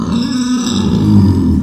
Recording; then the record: squeal of a Yucatan mini pig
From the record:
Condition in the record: after surgery on the right vocal fold (resection and tissue-engineered implant); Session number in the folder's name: 13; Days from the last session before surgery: 113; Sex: female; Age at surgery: 19 weeks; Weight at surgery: 25 kg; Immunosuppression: prednisolone